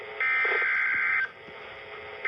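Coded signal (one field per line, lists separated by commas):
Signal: Emergency Alert System (SAME) tones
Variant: header bursts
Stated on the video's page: NOAA Weather Radio SAME alerts from NWS Tulsa and Shreveport, received on Midland WR300 and WR400 weather radios.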